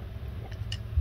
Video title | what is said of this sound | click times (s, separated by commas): 025 Damascus & Carbon Fiber/G10 Trivisa Pocket Knife | i love it when you can hear the nice click of the the liner lock clicking in | 0.7 s